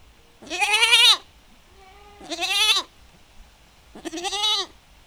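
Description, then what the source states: Goat giving three harsh, quavering bleats, a faint lower call between them, over a steady low wind rumble. Domestic goat in a farmyard, calling back and forth in a dialogue in the wind.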